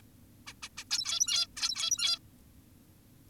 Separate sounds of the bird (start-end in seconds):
0.47-0.54, 0.63-0.69, 0.78-0.84, 0.91-1.47, 1.57-2.19